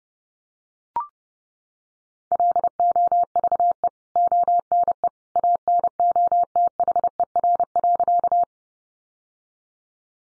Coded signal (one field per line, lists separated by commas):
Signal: Morse code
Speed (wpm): 30 wpm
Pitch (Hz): 700 Hz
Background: none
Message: LOVE ONE ANOTHER.